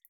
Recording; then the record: hydrophone in a shrimp aquaculture tank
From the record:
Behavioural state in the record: feeding